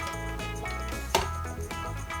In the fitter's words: parfait tout ça et là aussi de l'autre côté pour faire en sorte que ce soit bien clipsé ici